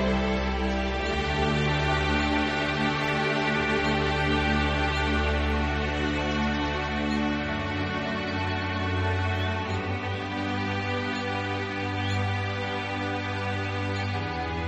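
Ambient music of long, held chords layered into a thick, even wash, with a deep bass note underneath that shifts pitch around the 1, 7 and 12 second marks. Loudness stays level throughout, with no distinct beats or separate events.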